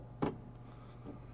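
An Auxito LED low-beam bulb is lined up by its tabs and twisted into the headlight housing socket of a 2007–2011 Toyota Camry. A single sharp click at 0.2 s marks it locking into place, followed by a quieter rustle near 1.1 s. The bulb is seated straight in the housing.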